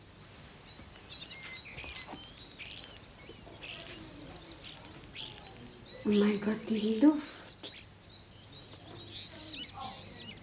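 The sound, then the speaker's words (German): Starlings chirp in scattered, high, thin bursts throughout, faint and continuous, while a person speaks briefly over them partway through. “Die Starre zwitschern.”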